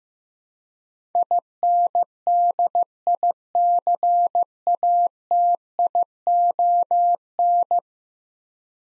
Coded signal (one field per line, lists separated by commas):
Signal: Morse code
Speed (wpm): 15 wpm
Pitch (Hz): 700 Hz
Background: none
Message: INDICATION